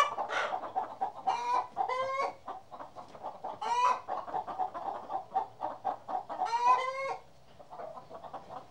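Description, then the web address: Chickens clucking and squawking, many short clucks with several louder, harmonic squawks. Hens recorded inside a hen house. "BBC Sound Effects Library. Hen House"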